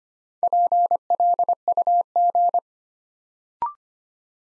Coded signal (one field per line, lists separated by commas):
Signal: Morse code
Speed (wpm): 25 wpm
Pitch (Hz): 700 Hz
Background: none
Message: PLUG